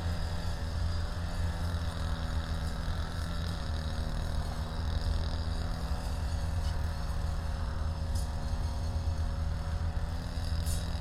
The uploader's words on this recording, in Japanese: 草刈機でひたすら草刈り。夏真っ盛り！少し日のかげりはじめる15時すぎから草刈機で草刈り。サツマイモの畝の間を行ったり来たりしながら、ツルを切らないよううに慎重に刈っていきます。農村の機械音の風景です。